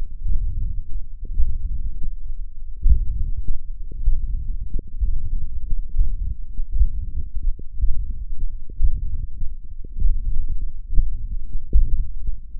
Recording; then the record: forearm muscle sounds (acoustic myography)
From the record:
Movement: tripod grip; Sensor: system 1, eight BSWA MPA416 microphones around the upper forearm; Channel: 5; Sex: male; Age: 21 years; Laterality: right